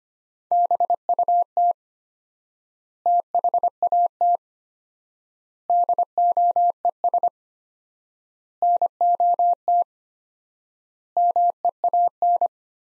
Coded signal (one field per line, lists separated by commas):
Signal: Morse code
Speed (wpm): 25 wpm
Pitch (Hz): 700 Hz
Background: none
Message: BUT THAT DOES NOT MEAN